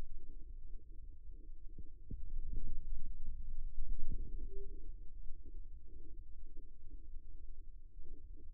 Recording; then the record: forearm muscle sounds (acoustic myography)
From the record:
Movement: ulnar deviation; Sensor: system 2, bracelet of six BSWA MPA416 microphones around the upper forearm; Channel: 1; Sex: male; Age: 22 years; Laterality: right